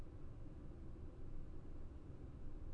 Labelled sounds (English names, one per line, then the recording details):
none
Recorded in Germany
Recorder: ecoPi